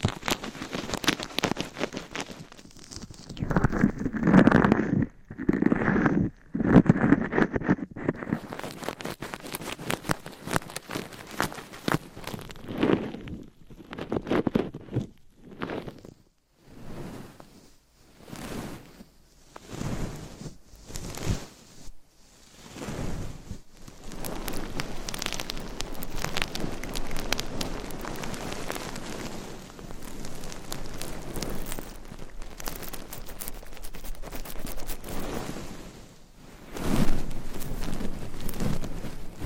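Scratching and brushing against a microphone, with uneven bursts of scraping and rustle, some thumpy strokes early on and a denser steady rasp later.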